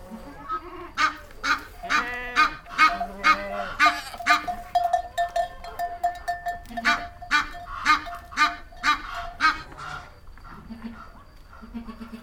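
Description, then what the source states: Goose honking in rapid series of harsh, repeated calls, pausing briefly midway before another series resumes. Farmyard.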